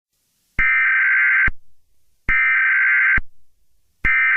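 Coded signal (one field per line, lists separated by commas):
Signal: Emergency Alert System (SAME) tones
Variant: header bursts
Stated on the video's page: Fictional EAS scenario.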